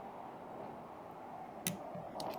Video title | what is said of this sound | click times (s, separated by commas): NO Balsa Core? Testing ENCAPSULATED Back Plates - E008 | You could hear the click that time probably. | 1.7 s